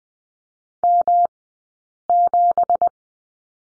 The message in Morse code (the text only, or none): M7